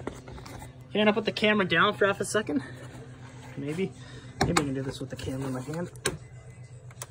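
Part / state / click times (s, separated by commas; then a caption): wiring harness connector into car horn terminal / seated / 6.9 s, 7.0 s. Someone talks while pushing the plastic wiring-harness electrical connector back onto the horn terminal of a 2009 Infiniti G37xS during a horn replacement, working blind with a camera in one hand. A short double click at 6.9 s and 7.0 s marks the connector seating back onto the horn.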